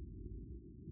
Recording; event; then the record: neck accelerometer signal played as sound; no cough (speech, laughter, throat clearing or background)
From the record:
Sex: male